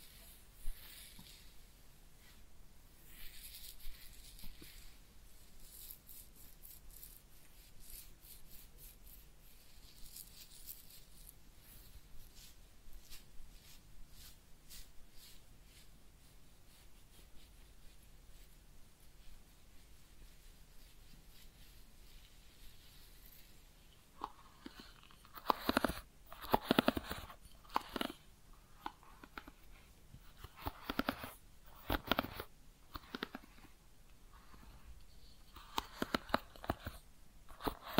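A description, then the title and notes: Quiet head massage and ear cleaning, with soft crackles and faint brushing for the first twenty-odd seconds. From about 24 seconds the handling turns louder and rougher: scratchy rubbing strokes and sharp crackly bursts come in quick, irregular clusters. ASMR Real Head Massage and Ear Cleaning (No Talking).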